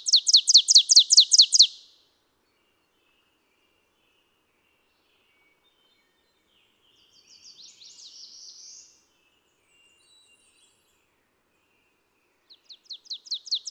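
Ovenbird song: the loud close of one chanted, repeating-phrase song, a soft warbled bit in the quiet middle, then another song beginning to build.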